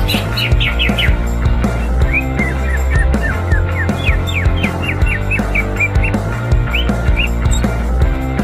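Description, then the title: Greater green leafbird singing a string of quick whistled notes, some rising and some falling, over a steady loud low hum. Bird-training masteran and pancingan (lure) recording of a gacor (actively singing) bird. "Masteran & Pancingan Cucak Ijo Gacor"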